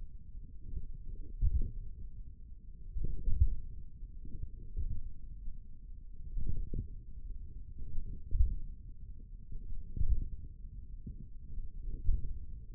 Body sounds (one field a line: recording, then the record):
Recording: forearm muscle sounds (acoustic myography)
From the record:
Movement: tripod grip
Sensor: system 1, eight BSWA MPA416 microphones around the upper forearm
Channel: 3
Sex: male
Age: 28 years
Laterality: right